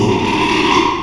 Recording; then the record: squeal of a Yucatan mini pig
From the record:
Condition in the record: after surgery on the right vocal fold (resection and tissue-engineered implant); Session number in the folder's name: 1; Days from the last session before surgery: 6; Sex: male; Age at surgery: 12 weeks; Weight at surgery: 13 kg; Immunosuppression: cyclosporine, prednisolone